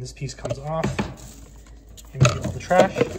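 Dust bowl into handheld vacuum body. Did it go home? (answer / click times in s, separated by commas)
no / none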